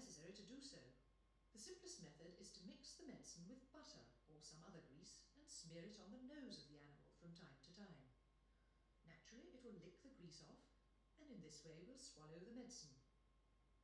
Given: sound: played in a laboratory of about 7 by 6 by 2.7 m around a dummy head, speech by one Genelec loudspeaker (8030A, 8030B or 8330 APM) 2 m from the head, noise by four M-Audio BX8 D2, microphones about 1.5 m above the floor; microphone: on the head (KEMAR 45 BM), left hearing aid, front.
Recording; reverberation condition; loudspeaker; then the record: female speech in English; medium; 30 degrees to the right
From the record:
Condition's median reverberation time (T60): about 510 ms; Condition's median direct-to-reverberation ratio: about -0.5 dB